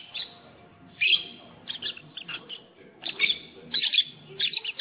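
Lovebird giving scattered shrill chirps, a sharp louder burst near one second and more chattering squeaks later.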